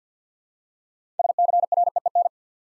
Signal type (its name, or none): Morse code